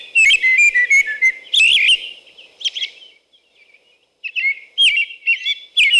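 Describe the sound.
American robin singing rich whistled phrases with high squeaky notes, a pause near the middle, then the song resumes.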